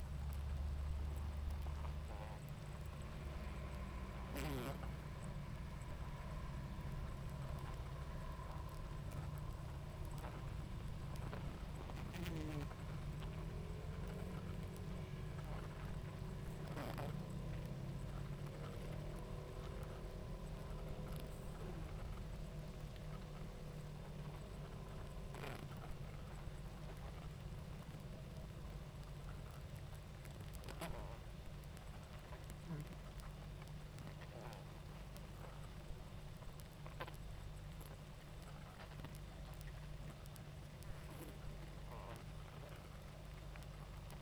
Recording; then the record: honeybee colony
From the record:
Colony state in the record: active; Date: 28 July 2017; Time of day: 19:10